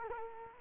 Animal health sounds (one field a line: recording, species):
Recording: mosquito wingbeat signal from an infrared sensor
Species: Culex quinquefasciatus